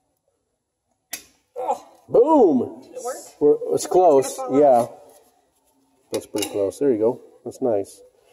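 A helper presses a front brake pad part, either the pad or its metal clip, into the caliper bracket by hand during a front brake pad replacement on a 2010 Ford Escape with brake pedal pulsation. A brief metallic tick is heard at about 1.1 s, and someone talks through the rest of the clip. The part has not seated or clicked into place yet.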